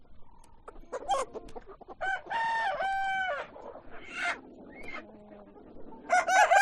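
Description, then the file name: Chicken calls: short clucks and squawks, then a drawn-out rooster crow near the middle and another crow starting at the end. Chickens on a chicken farm. "west wolf Chicken farm"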